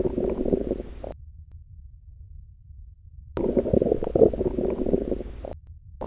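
Hyperactive bowel sounds heard over the abdomen with a stethoscope: bursts of loud, continuous gurgling and rumbling separated by a quiet pause, in the setting of an acute abdomen.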